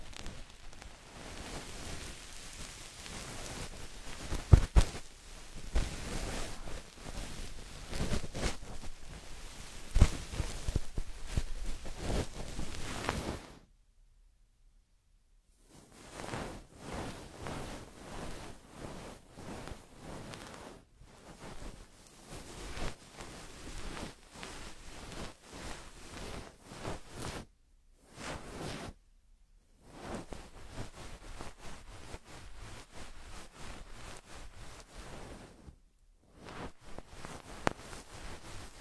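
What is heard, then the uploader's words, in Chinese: A goose-feather ear pick sweeps and rustles in dense, hissing strokes, breaking into brief silences near fifteen, twenty-eight and thirty seconds. 贯穿大脑，鹅毛棒掏耳助眠！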